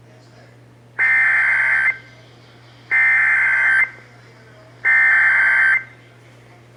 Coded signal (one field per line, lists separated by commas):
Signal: Emergency Alert System (SAME) tones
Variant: header bursts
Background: speech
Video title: (EAS #230) Severe Thunderstorm Warning (WBAP-AM)